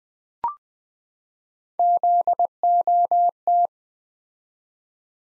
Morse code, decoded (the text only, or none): ZOT